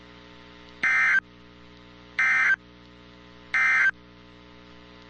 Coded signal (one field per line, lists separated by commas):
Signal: Emergency Alert System (SAME) tones